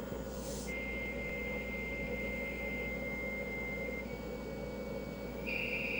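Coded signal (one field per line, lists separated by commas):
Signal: dial-up modem handshake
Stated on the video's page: Modems connected directly between two computers with no phone line.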